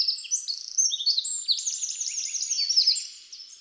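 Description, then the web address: Eurasian wren song: a brisk, high, continuous outpouring of sharp notes and short trills lasting a few seconds, then trailing off. "SETE Troglodytes troglodytes"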